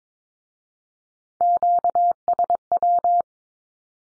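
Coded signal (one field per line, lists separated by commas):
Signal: Morse code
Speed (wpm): 22 wpm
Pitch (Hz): 700 Hz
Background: none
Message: QSW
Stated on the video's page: Morse Q-codes sent at 22 wpm as statement or question, then repeated after spoken meaning; code-learning drill.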